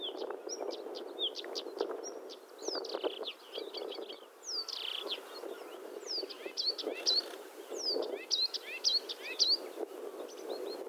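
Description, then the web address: Blyth's reed warbler song: continuous sharp chips and slurred upward whistles in a varied, rhythmic sequence over low background noise. "Struikrietzanger graszanger-acrocephalus-dumetorum"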